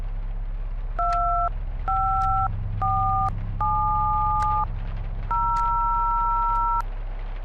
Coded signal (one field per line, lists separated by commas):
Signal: DTMF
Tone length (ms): 610 ms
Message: 25470